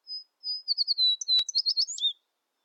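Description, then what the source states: American Tree Sparrow opening with two high whistles, then breaking into a rapid, tumbling warble of bright notes. Common in North America; populations have steeply declined since the 1970s.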